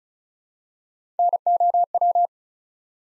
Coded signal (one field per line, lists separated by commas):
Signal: Morse code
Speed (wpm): 36 wpm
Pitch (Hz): 700 Hz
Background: none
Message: NOW